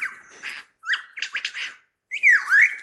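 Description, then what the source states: Lyrebird singing a varied burst of harsh, buzzy and whistled phrases, ending with a loud swooping note that dips and rises again. Male in a small open spot in forest, breaking into song.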